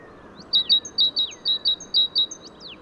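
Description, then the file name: Great tit giving a rapid series of sharp, high two-part notes, about eight in under two seconds, with steady low background noise. "Parus major"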